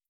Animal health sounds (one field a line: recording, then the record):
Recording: hydrophone in a shrimp aquaculture tank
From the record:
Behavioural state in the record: starved